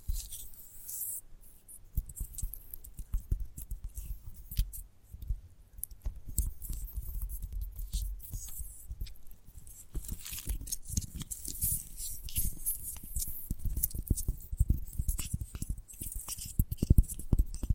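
Gentle tapping in quick, irregular flurries of soft clicks, dense throughout and slightly louder toward the end. Each tap has a thuddy low body and a crisp, bright tick on top, with light scratchy rustles filling the gaps.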